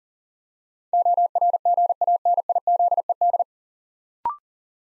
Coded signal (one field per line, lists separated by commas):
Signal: Morse code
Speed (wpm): 43 wpm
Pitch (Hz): 700 Hz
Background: none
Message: ORGANIZED